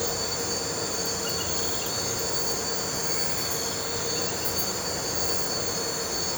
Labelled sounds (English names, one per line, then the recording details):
none
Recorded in pastures near Puerto Asís, Putumayo, Colombia, on 4 March 2025 at 02:30
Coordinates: 0.466, -76.322
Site CSA-02